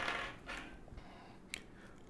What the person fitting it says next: Kind of hear a snap when I get it in the right spot, all right?